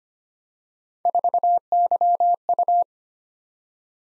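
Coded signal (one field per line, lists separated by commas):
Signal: Morse code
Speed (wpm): 25 wpm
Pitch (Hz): 700 Hz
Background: none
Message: 4YU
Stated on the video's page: Morse practice drill of random three-character letter and number groups at 25 wpm, each sent twice for head-copy.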